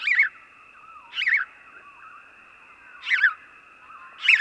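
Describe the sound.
House sparrow chirping: four loud, harsh chirps at irregular intervals, over a steady high ringing tone in the background.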